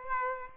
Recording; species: mosquito wingbeat signal from an infrared sensor; Aedes aegypti